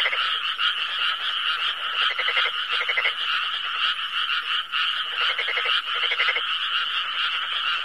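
Dense frog chorus, overlapping rattling croaks with several distinct bursts of quick pulses standing out above the steady background of calls.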